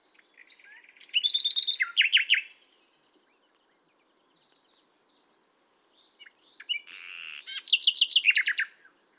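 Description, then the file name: Common nightingale song: two loud phrases of rapid repeated notes, separated by a pause with faint twittering. "Luscinia megarhynchos"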